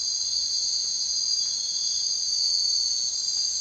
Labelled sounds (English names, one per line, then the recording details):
none
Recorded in secondary vegetation near Puerto Asís, Putumayo, Colombia, on 22 June 2025 at 02:00
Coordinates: 0.499, -76.323
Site G077